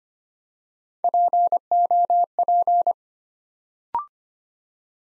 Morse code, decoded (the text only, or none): POP